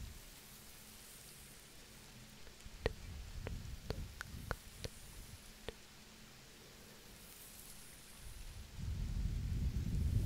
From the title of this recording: ASMR soft Blowing & sensitive Unintelligible Whispering - Rain, White Noise